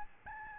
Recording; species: mosquito wingbeat signal from an infrared sensor; Aedes albopictus